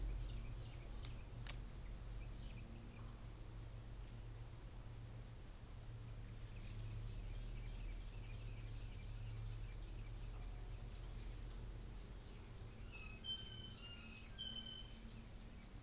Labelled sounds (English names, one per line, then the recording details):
New Zealand Fantail
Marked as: faintness 2/5, faintness 1/5
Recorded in New Zealand on 24 December 2018
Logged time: 14:10